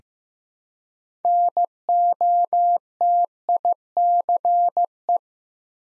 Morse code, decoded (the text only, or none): NOTICE